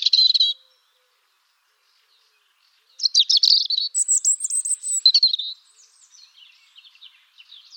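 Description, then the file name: European robin producing a brief high twitter, a silent gap, then an extended phrase of buzzy trills and thin whistles fading into soft, quiet notes. "Erithacus rubecula"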